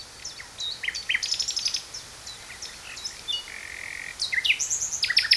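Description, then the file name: Common nightingale song: varied phrases of sharp notes, rapid trills and a held whistle, delivered in quick bursts with brief pauses. "Luscinia megarhynchos"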